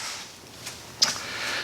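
The small center pin of a plastic push-in trim retainer clip in a UTV panel on a Honda Talon is pushed onto its next notch. A sharp click sounds at 1.0 s against quiet background hiss, and the clip is released.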